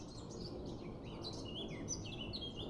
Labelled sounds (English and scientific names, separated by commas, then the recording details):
Eurasian Blackcap (Sylvia atricapilla)
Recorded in Germany
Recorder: ecoPi